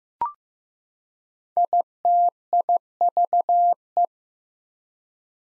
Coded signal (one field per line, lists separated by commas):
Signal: Morse code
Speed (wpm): 16 wpm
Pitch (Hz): 700 Hz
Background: none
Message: ITIVE